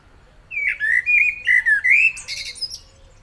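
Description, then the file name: Common blackbird song: a run of rich, slurred, flute-like notes followed by a high-pitched squeaky twitter. "Turdus merula"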